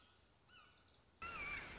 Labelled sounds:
Red-shouldered Hawk
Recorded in Sonoma County, California

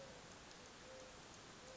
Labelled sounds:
Mourning Dove
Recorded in Sonoma County, California

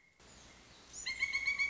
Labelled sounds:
Pileated Woodpecker
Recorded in Sonoma County, California

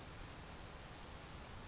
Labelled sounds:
Grasshopper Sparrow
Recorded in Sonoma County, California

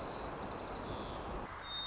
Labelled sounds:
White-crowned Sparrow
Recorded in Sonoma County, California

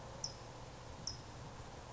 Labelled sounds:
California Towhee
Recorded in Sonoma County, California

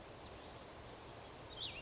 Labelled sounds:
Cassin's Vireo
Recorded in Sonoma County, California

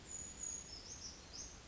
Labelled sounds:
Brown Creeper
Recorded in Sonoma County, California

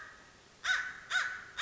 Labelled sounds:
American Crow
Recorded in Sonoma County, California

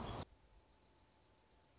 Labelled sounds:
Dark-eyed Junco
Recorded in Sonoma County, California

